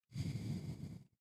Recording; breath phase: one breath near a microphone; exhalation